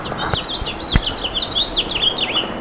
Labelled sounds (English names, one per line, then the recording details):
House Finch song
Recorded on Long Island, New York, on 3 June 2012
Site FB
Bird A